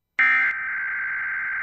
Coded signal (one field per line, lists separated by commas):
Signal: Emergency Alert System (SAME) tones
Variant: end-of-message bursts